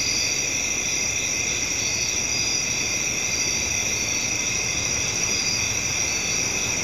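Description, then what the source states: Many crickets trill together in a continuous shrill wash of several high tones, unchanging in loudness, with hiss beneath. Crickets recorded at night.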